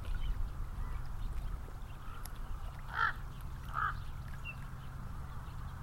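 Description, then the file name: Common raven giving two short, hoarse croaks about a second apart, set against continuous low traffic noise. Elizabeth Lake, with cars. "Elizabeth Lake 1 Ravens And Cars"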